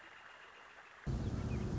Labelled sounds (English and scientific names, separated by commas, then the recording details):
Northern Flicker (Colaptes auratus)
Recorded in Sonoma County, California